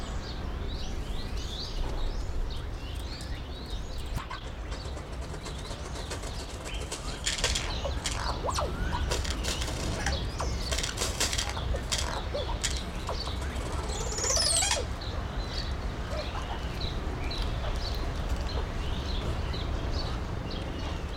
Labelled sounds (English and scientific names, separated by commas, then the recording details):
Crested Oropendola (Psarocolius decumanus)
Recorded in captivity
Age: adult
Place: Zoo Berlin, Berlin, DE
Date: 1993-03-20 12:10
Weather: 5-8 ° C, böiger Wind
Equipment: Marantz CP 430, Sennheiser ME 80, Kopie Uher Variocord 263
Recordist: Tembrock, Günter